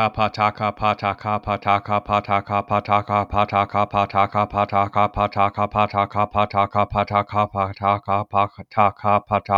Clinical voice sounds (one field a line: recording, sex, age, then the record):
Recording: repeated syllables /pa ta ka/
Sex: male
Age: 40 to 49 years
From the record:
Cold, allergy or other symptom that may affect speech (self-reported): no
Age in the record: 42 years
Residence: Minnesota, United States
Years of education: 16